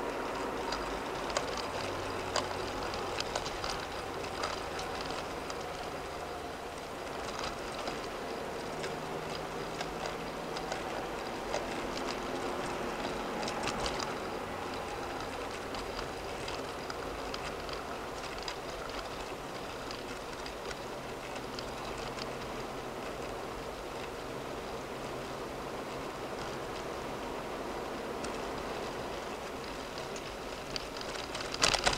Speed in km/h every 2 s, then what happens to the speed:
64, 58, 55, 48, 52, 55, 58, 56, 52, 45, 42, 44, 44, 45, 44, 44.
0-6 slows to 48. 6-13 speeds up to 58. 13-19 slows to 42. 19-32 steady at about 44.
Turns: 14-27.